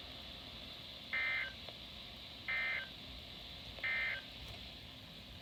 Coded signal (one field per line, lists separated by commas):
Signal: Emergency Alert System (SAME) tones